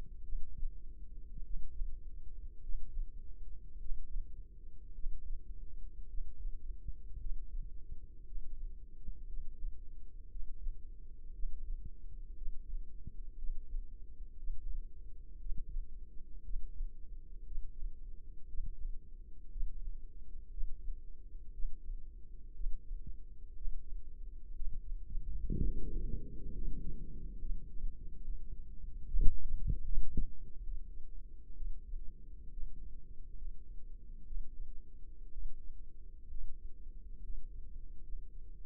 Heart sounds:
heart sounds by microphone in the left ear; 60 bpm
0.23 s: heartbeat
1.44 s: heartbeat
2.62 s: heartbeat
3.79 s: heartbeat
4.93 s: heartbeat
6.07 s: heartbeat
7.19 s: heartbeat
8.25 s: heartbeat
9.27 s: heartbeat
10.29 s: heartbeat
11.33 s: heartbeat
12.36 s: heartbeat
13.37 s: heartbeat
14.37 s: heartbeat
15.39 s: heartbeat
16.43 s: heartbeat
17.45 s: heartbeat
18.48 s: heartbeat
19.50 s: heartbeat
20.51 s: heartbeat
21.52 s: heartbeat
22.54 s: heartbeat
23.55 s: heartbeat
24.55 s: heartbeat
25.57 s: heartbeat
26.52 s: heartbeat
27.40 s: heartbeat
28.23 s: heartbeat
29.07 s: heartbeat
29.86 s: heartbeat
30.62 s: heartbeat
31.56 s: heartbeat
32.52 s: heartbeat
33.36 s: heartbeat
34.26 s: heartbeat
35.32 s: heartbeat
36.30 s: heartbeat
37.23 s: heartbeat
38.03 s: heartbeat
From the record:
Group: healthy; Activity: breath hold 0-25 s, rest 25-39 s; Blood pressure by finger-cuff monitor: 86/53 mmHg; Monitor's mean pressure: 62 mmHg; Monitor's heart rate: 59 bpm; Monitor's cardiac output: 4.7 L/min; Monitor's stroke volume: 80 mL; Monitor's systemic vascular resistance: 890 dyn s/cm5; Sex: female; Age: 28 years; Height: 170 cm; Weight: 77 kg

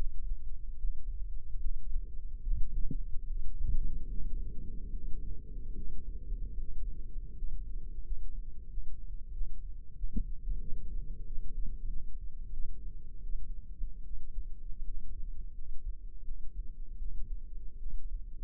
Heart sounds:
heart sounds by microphone in the left ear; 81 bpm
0.76 s: heartbeat
1.58 s: heartbeat
2.40 s: heartbeat
3.23 s: heartbeat
4.07 s: heartbeat
4.90 s: heartbeat
5.73 s: heartbeat
6.56 s: heartbeat
7.33 s: heartbeat
8.02 s: heartbeat
8.68 s: heartbeat
9.31 s: heartbeat
9.94 s: heartbeat
10.58 s: heartbeat
11.24 s: heartbeat
11.87 s: heartbeat
12.50 s: heartbeat
13.21 s: heartbeat
14.02 s: heartbeat
14.82 s: heartbeat
15.52 s: heartbeat
16.21 s: heartbeat
16.96 s: heartbeat
17.77 s: heartbeat
From the record:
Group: healthy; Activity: breath hold 0-4 s, rest 4-19 s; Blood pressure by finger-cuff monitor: 102/54 mmHg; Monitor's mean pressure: 71 mmHg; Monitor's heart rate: 77 bpm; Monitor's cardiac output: 7.5 L/min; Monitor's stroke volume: 87 mL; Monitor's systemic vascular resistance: 710 dyn s/cm5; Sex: female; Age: 26 years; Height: 165 cm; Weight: 55 kg

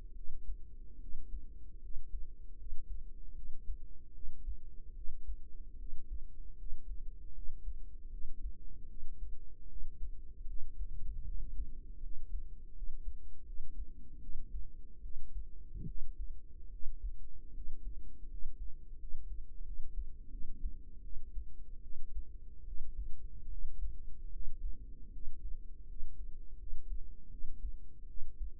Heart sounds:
heart sounds by microphone in the right ear; 77 bpm
0.14 s: heartbeat
0.99 s: heartbeat
1.81 s: heartbeat
2.57 s: heartbeat
3.34 s: heartbeat
4.13 s: heartbeat
4.94 s: heartbeat
5.78 s: heartbeat
6.57 s: heartbeat
7.33 s: heartbeat
8.10 s: heartbeat
8.87 s: heartbeat
9.67 s: heartbeat
10.46 s: heartbeat
11.25 s: heartbeat
12.01 s: heartbeat
12.73 s: heartbeat
13.45 s: heartbeat
14.20 s: heartbeat
15.01 s: heartbeat
15.86 s: heartbeat
16.70 s: heartbeat
17.53 s: heartbeat
18.28 s: heartbeat
18.98 s: heartbeat
19.64 s: heartbeat
20.30 s: heartbeat
21.02 s: heartbeat
21.82 s: heartbeat
22.65 s: heartbeat
23.49 s: heartbeat
24.31 s: heartbeat
25.11 s: heartbeat
25.87 s: heartbeat
26.57 s: heartbeat
27.29 s: heartbeat
28.07 s: heartbeat
From the record:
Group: healthy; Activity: rest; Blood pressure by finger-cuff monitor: 120/47 mmHg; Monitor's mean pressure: 72 mmHg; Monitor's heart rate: 77 bpm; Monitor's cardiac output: 9.5 L/min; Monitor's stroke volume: 125 mL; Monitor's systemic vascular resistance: 530 dyn s/cm5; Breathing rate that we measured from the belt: 10 breaths a minute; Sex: female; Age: 32 years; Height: 168 cm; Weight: 61.9 kg

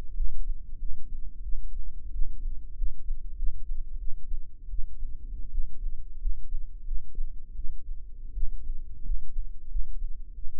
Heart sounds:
heart sounds by microphone in the right ear; 88 bpm
0.13 s: heartbeat
0.77 s: heartbeat
1.42 s: heartbeat
2.11 s: heartbeat
2.74 s: heartbeat
3.35 s: heartbeat
3.97 s: heartbeat
4.68 s: heartbeat
5.50 s: heartbeat
6.18 s: heartbeat
6.83 s: heartbeat
7.54 s: heartbeat
8.32 s: heartbeat
9.02 s: heartbeat
9.67 s: heartbeat
10.33 s: heartbeat
From the record:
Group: healthy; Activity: rest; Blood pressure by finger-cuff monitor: 133/90 mmHg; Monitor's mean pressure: 102 mmHg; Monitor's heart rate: 88 bpm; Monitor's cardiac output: 6.1 L/min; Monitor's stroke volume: 70 mL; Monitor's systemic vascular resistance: 1220 dyn s/cm5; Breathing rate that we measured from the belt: 19 breaths a minute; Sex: male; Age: 21 years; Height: 180 cm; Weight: 67.5 kg

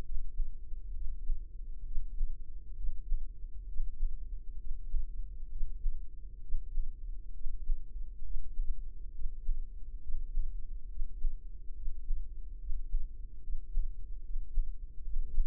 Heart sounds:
heart sounds by microphone in the left ear; 68 bpm
0.01 s: heartbeat
0.91 s: heartbeat
1.82 s: heartbeat
2.73 s: heartbeat
3.65 s: heartbeat
4.56 s: heartbeat
5.48 s: heartbeat
6.39 s: heartbeat
7.31 s: heartbeat
8.21 s: heartbeat
9.11 s: heartbeat
9.99 s: heartbeat
10.87 s: heartbeat
11.72 s: heartbeat
12.56 s: heartbeat
13.39 s: heartbeat
14.20 s: heartbeat
15.00 s: heartbeat
From the record:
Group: healthy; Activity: breath hold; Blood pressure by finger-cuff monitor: 120/81 mmHg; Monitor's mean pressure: 92 mmHg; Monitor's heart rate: 67 bpm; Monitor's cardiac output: 4.5 L/min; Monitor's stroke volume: 67 mL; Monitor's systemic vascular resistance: 1530 dyn s/cm5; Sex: female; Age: 43 years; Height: 160 cm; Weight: 90 kg

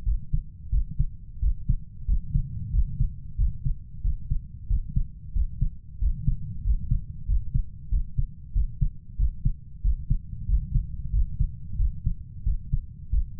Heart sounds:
heart sounds by stethoscope; 92 bpm
0.07 s: heartbeat
0.73 s: heartbeat
1.43 s: heartbeat
2.09 s: heartbeat
2.74 s: heartbeat
3.39 s: heartbeat
4.05 s: heartbeat
4.70 s: heartbeat
5.36 s: heartbeat
6.02 s: heartbeat
6.65 s: heartbeat
7.29 s: heartbeat
7.92 s: heartbeat
8.56 s: heartbeat
9.20 s: heartbeat
9.85 s: heartbeat
10.49 s: heartbeat
11.14 s: heartbeat
11.79 s: heartbeat
12.46 s: heartbeat
13.13 s: heartbeat
From the record:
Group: healthy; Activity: rest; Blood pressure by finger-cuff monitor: 145/78 mmHg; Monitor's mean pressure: 97 mmHg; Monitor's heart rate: 92 bpm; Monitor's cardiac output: 7.9 L/min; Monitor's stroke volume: 85 mL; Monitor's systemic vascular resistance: 910 dyn s/cm5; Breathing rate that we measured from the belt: 15 breaths a minute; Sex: male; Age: 21 years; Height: 175 cm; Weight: 72.6 kg

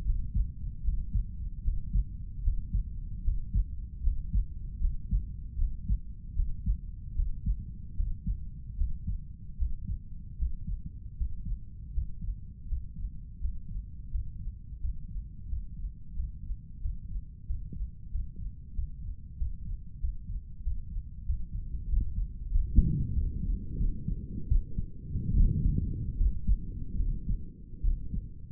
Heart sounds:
heart sounds by stethoscope; 82 bpm
0.04 s: heartbeat
0.82 s: heartbeat
1.62 s: heartbeat
2.42 s: heartbeat
3.22 s: heartbeat
4.01 s: heartbeat
4.79 s: heartbeat
5.56 s: heartbeat
6.34 s: heartbeat
7.14 s: heartbeat
7.95 s: heartbeat
8.76 s: heartbeat
9.57 s: heartbeat
10.37 s: heartbeat
11.16 s: heartbeat
11.92 s: heartbeat
12.66 s: heartbeat
13.39 s: heartbeat
14.09 s: heartbeat
14.79 s: heartbeat
15.47 s: heartbeat
16.14 s: heartbeat
16.79 s: heartbeat
17.44 s: heartbeat
18.09 s: heartbeat
18.73 s: heartbeat
19.36 s: heartbeat
19.99 s: heartbeat
20.61 s: heartbeat
21.24 s: heartbeat
21.87 s: heartbeat
22.49 s: heartbeat
23.13 s: heartbeat
23.77 s: heartbeat
24.48 s: heartbeat
25.34 s: heartbeat
26.17 s: heartbeat
26.97 s: heartbeat
27.81 s: heartbeat
From the record:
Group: healthy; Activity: breath hold 0-24 s, rest 24-29 s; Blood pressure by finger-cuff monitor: 106/71 mmHg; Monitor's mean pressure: 78 mmHg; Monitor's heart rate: 78 bpm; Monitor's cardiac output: 6.5 L/min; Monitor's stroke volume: 79 mL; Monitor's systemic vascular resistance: 810 dyn s/cm5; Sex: male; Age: 35 years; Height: 180 cm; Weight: 86.9 kg

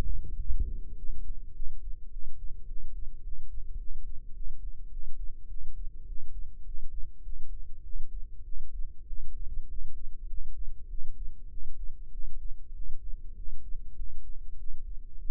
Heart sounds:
heart sounds by microphone in the left ear; 101 bpm
0.36 s: heartbeat
0.94 s: heartbeat
1.52 s: heartbeat
2.09 s: heartbeat
2.65 s: heartbeat
3.21 s: heartbeat
3.76 s: heartbeat
4.32 s: heartbeat
4.89 s: heartbeat
5.46 s: heartbeat
6.04 s: heartbeat
6.63 s: heartbeat
7.22 s: heartbeat
7.81 s: heartbeat
8.42 s: heartbeat
9.05 s: heartbeat
9.66 s: heartbeat
10.26 s: heartbeat
10.87 s: heartbeat
11.48 s: heartbeat
12.10 s: heartbeat
12.72 s: heartbeat
13.34 s: heartbeat
13.95 s: heartbeat
14.56 s: heartbeat
15.17 s: heartbeat
From the record:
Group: healthy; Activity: rest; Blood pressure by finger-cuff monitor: 103/70 mmHg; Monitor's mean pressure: 81 mmHg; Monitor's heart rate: 102 bpm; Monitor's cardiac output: 8 L/min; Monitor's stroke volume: 79 mL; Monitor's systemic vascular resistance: 720 dyn s/cm5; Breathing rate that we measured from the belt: 18 breaths a minute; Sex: male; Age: 19 years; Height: 178 cm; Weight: 83 kg

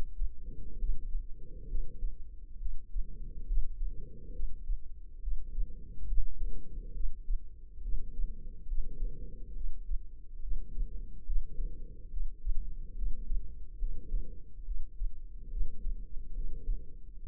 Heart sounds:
heart sounds by microphone in the left ear; 69 bpm
0.77 s: heartbeat
1.66 s: heartbeat
2.57 s: heartbeat
3.45 s: heartbeat
4.31 s: heartbeat
5.19 s: heartbeat
6.06 s: heartbeat
6.92 s: heartbeat
7.81 s: heartbeat
8.66 s: heartbeat
9.52 s: heartbeat
10.39 s: heartbeat
11.24 s: heartbeat
12.08 s: heartbeat
12.94 s: heartbeat
13.77 s: heartbeat
14.63 s: heartbeat
15.48 s: heartbeat
16.32 s: heartbeat
17.19 s: heartbeat
From the record:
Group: healthy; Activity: rest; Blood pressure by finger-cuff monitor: 98/73 mmHg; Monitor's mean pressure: 81 mmHg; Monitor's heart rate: 69 bpm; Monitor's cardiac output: 4.8 L/min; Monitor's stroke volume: 71 mL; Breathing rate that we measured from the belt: 24 breaths a minute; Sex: female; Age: 32 years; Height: 172 cm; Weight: 71.7 kg

